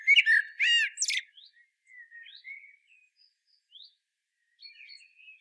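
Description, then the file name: Common blackbird singing a short, rich fluted phrase with a high squeaky flourish, followed by quiet, thin twittering notes. "Turdus merula"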